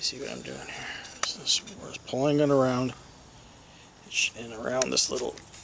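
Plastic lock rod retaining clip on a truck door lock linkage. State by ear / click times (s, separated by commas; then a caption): not seated / none. Inside a truck door, a plastic retaining clip on the door lock linkage is pulled around the metal lock rod by hand; the clip keeps the lock from popping out. Someone talks over soft handling noises. Nothing has seated or clicked yet.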